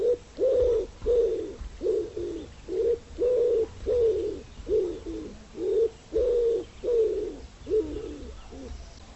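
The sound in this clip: Bird cooing: soft, low, hollow coos repeated in quick succession, each a short rounded note, continuing throughout.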